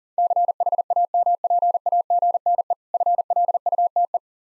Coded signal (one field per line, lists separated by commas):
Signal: Morse code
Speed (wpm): 40 wpm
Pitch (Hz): 700 Hz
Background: none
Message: CHAMPAGNE FLUTE